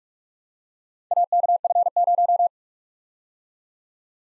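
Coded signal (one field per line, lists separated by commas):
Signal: Morse code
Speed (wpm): 51 wpm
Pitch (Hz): 700 Hz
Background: none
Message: AKF0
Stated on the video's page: Morse drill of four-character letter-number groups, sent fast at 45 wpm then slowing incrementally to a base speed, with a final repeat at maximum speed.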